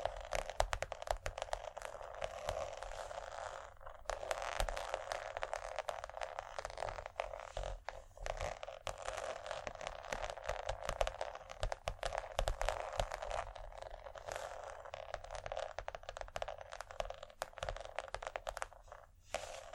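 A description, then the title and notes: Scratchy tapping fills the clip in dense, rapid bursts, with sharp clicks and crackly scrapes piling on top of one another. The texture stays busy throughout, dipping briefly near four seconds and again near nineteen, over a faint low hum. Irresistible Scratchy-tapping. No Talking.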